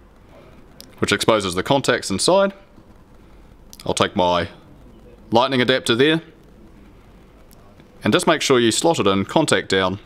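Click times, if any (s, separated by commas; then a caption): none. Someone talks while picking up a Lightning phone adapter and lining it up with the exposed contact port of a DJI Osmo Pocket handheld gimbal camera, whose small cover has been removed, ready to slot it in contact side down. Only faint handling sounds are heard between the speech, and nothing has seated or clicked yet.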